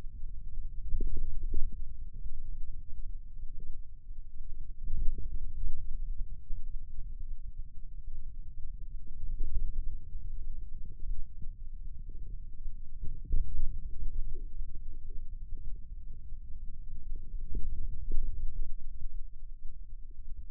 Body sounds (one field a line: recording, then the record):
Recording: forearm muscle sounds (acoustic myography)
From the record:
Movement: hand opening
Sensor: system 2, bracelet of six BSWA MPA416 microphones around the upper forearm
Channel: 2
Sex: male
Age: 22 years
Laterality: right